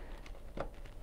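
A DDR3 server memory module is pressed into its DIMM slot on a Dell PowerEdge R420 server motherboard until the retaining clips lock. Faint ticks sound at about 0.3 and 0.9 seconds, and a louder, sharper click at 0.6 seconds marks the module seating fully in the slot.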